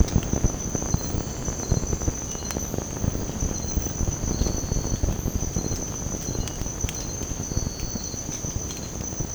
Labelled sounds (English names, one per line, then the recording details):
none
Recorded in secondary vegetation near Puerto Asís, Putumayo, Colombia, on 19 March 2025 at 03:30
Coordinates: 0.481, -76.318
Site G097